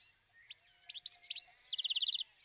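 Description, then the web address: Bird song of a few scattered high chirps and a brief whistle, then a quick trill of rapid clipped notes. "Bird Only"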